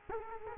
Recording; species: mosquito wingbeat signal from an infrared sensor; Culex quinquefasciatus